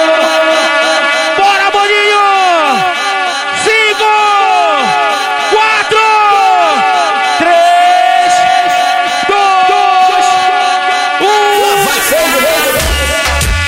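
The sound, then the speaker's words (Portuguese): A large crowd at a live show at Karibe Show on 20 June 2021 shouts and cheers loudly and continuously as Paysandu fans are called on, many voices overlapping in rising and falling yells and whoops, swelling into a noisy roar at the end. “Cadê o grito da torcida do Paysandu?”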